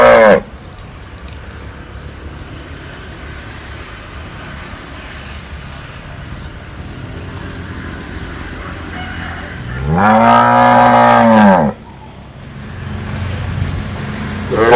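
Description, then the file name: Cattle: low background rumble for several seconds, then a cow gives one long, deep moo, with the edges of other moos at the start and end. "Tieng bo rong"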